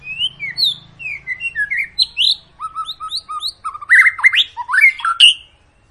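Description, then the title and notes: White-rumped shama song: clear whistled notes open slowly, then a run of repeated level whistles and a louder, faster cluster of slurred phrases. Long lure song of a singing white-rumped shama, played to prompt other birds to sing. "Pancingan Murai Batu Gacor Panjang. muraiku"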